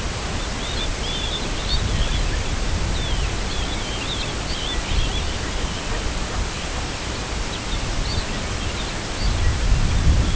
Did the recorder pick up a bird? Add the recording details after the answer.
yes. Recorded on Arctic tundra, site CORI-1, on 18 June 2018. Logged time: 04:00